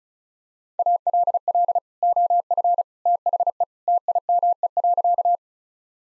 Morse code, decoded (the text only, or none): ALL OF THE TIME.